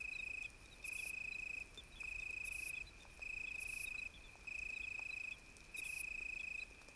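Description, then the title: Italian tree cricket trill in steady phrases separated by pauses, with loud, harsh buzzy bursts from another insect in the gaps. Moonless, pitch-dark night during a thunderstorm with occasional lightning; vine ephippiger audible in the background. "naturophonie. Un grillon sous l'orage"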